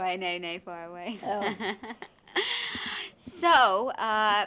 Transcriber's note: she laughs